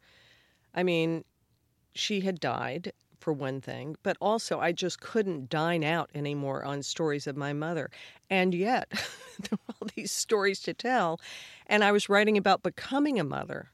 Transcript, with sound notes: I mean, she had died, for one thing. But also, I just couldn't dine out anymore on stories of my mother. And yet (laughter) there were all these stories to tell. And I was writing about becoming a mother.